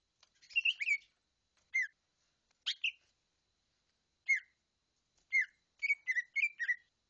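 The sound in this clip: Bird giving sparse, sharp chirped notes and short sliding whistles in small clusters, with quiet gaps between them and no other sounds.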